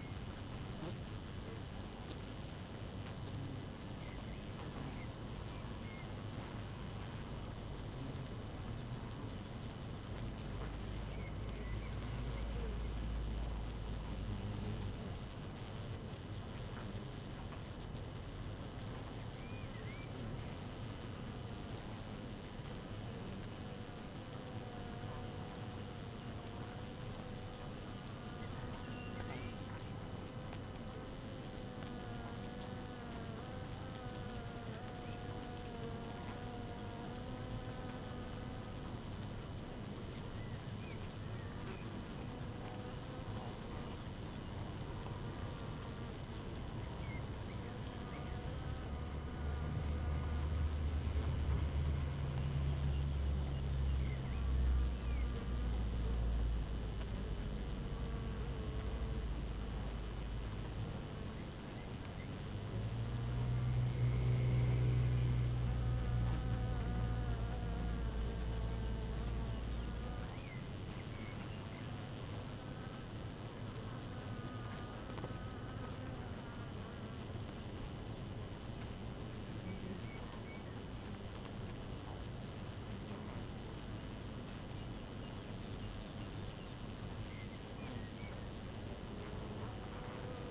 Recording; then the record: honeybee colony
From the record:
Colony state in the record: active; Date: 12 June 2018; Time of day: 5:28